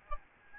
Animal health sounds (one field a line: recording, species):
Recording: mosquito wingbeat signal from an infrared sensor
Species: Aedes albopictus